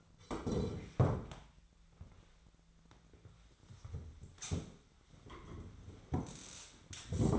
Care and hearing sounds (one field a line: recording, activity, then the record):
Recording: daily activity, microphone in the room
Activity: sit down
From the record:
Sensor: 3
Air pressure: 1008.0 hPa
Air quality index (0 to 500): 191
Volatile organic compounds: 14 ppm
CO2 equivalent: 2450 ppm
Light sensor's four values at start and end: 13/30/12/12 and 13/30/12/12